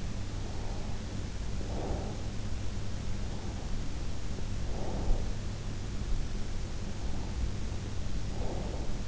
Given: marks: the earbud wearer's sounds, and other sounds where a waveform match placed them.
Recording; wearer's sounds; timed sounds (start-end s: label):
sounds in sleep by an in-ear microphone; breath
0.53-2.36 s: breath
3.22-5.66 s: breath
6.91-9.08 s: breath